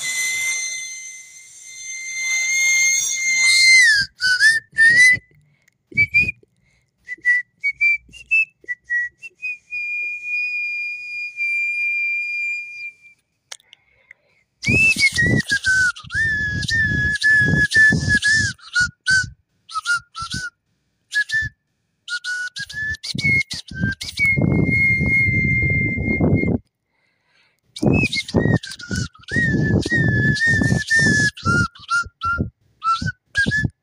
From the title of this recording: Mouth whistle